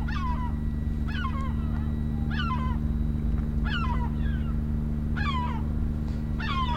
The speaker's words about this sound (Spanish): ¿Suenan gaviotas?